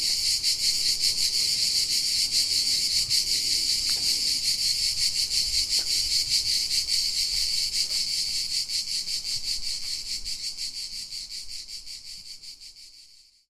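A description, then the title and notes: Cicadas sing in a dense, steady, high-pitched buzz with a fast pulsing flutter running through it. The chorus fills the air, with a few faint soft knocks underneath around four, six and eight seconds, and it fades out near the end. Cicadas in the afternoon playing in a camp site that was especially set up for the Santarcangelo Festival in the backyard of the city's Ethnographic Museum, in Santarcangelo, Italy. Recorded by Alexandra Genzini. Cicada songs in Santarcangelo.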